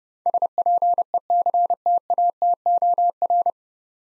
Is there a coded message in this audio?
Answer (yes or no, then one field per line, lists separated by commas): yes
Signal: Morse code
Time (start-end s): 0.3-3.5 s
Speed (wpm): 30 wpm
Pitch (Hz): 700 Hz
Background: none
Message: SPECTATOR